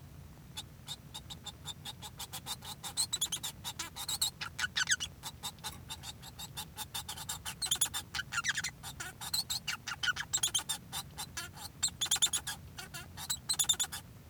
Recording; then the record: song of a male Bengalese finch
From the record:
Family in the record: son of father 1